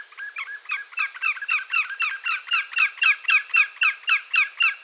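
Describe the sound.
Greater yellowlegs giving a rapid, regular series of ringing whistled notes, each with a short downward slur, about four per second and building in strength.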